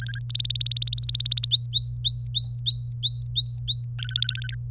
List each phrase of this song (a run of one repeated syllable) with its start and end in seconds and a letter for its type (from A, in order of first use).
0.00-0.19 A, 0.30-1.47 B, 1.51-3.85 C, 3.99-4.55 A